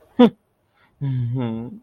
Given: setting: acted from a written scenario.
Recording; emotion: vocal sound without words; guilt